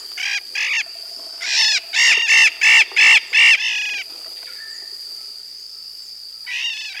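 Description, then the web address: Blue-headed macaw giving rough, scratchy squawks: two short ones, then a rapid run of several, a pause and another squawk, over a constant high tone. Recorded in Peru, South America. "Natures Songs S America Blue-headed Macaw"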